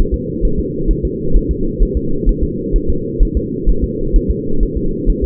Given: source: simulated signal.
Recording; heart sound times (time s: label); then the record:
fetal heart sounds
0.14 s: S2
0.45 s: S1
0.59 s: S2
0.91 s: S1
1.05 s: S2
1.36 s: S1
1.51 s: S2
1.83 s: S1
1.97 s: S2
2.29 s: S1
2.44 s: S2
2.76 s: S1
2.90 s: S2
3.22 s: S1
3.37 s: S2
3.69 s: S1
3.84 s: S2
4.16 s: S1
4.31 s: S2
4.63 s: S1
4.77 s: S2
5.09 s: S1
5.24 s: S2
From the record:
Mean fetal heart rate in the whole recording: 130 bpm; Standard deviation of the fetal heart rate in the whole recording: 2 bpm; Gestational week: 38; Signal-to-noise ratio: -8.1 dB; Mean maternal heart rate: 72 bpm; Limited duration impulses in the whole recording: absent